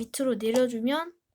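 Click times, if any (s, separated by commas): none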